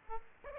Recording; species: mosquito wingbeat signal from an infrared sensor; Aedes aegypti